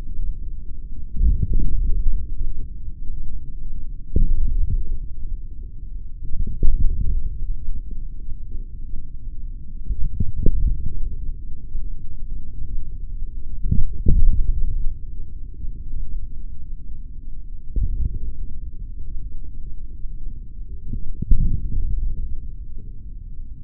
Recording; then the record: forearm muscle sounds (acoustic myography)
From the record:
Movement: forearm supination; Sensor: system 3, bracelet of six PUI Audio POM-2738L microphones around the upper forearm, with dedicated amplification and filtering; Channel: 1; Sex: male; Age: 26 years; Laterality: right